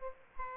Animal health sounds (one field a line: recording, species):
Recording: mosquito wingbeat signal from an infrared sensor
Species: Aedes aegypti